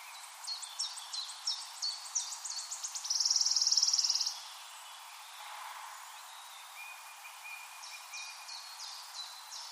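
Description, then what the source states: Wood warbler song: quick high ticks accelerate into a short, bright, shivering trill. After a quiet gap, another run of ticks begins, with faint thin notes in the background. Recorded 23 April 2013.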